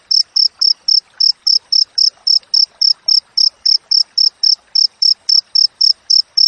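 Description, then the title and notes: Cricket song: bright, high chirps in a brisk steady rhythm, close to four every second. Clear wild cricket chirping with tightly spaced pauses, used for training songbirds and for repelling rats. "Masteran Jangkrik Alam Jernih, Jeda Rapat Cocok Untuk Masteran Burung Dan Mengusir Tikus. suara jangkrik"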